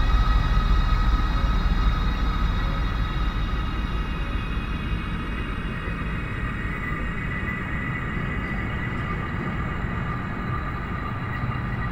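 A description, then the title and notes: Inside a train gangway, a dense rumble of wheels and carriage fills the space with a steady roar. Thin, high whines ring constantly above it, and the noise eases slightly over the twelve seconds as the train slows coming in. Train To Newcastle. I was capturing some samples from inside one of the gangways as we rolled into Newcastle.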